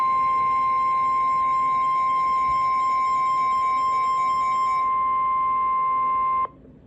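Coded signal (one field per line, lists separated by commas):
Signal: Emergency Alert System (SAME) tones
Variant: 1050 Hz attention tone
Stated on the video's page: Real NOAA Weather Radio severe thunderstorm warnings from transmitter KIG86, Columbus, Ohio.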